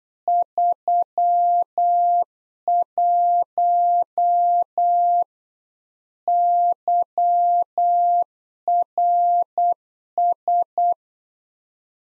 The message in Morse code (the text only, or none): 31 YRS